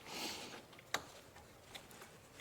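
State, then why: Not seated. A salvaged hose with a small metal fuel-line style quick-connector fitting is being handled to push it onto the port underneath a new turbo during reinstallation on a GM 1.4L direct-injected engine (Cruze, Encore, P0299). A soft rustle fades early, followed by one sharp tick near 0.9 s and a few faint ticks afterward. Nothing has seated or clicked into its locked position yet.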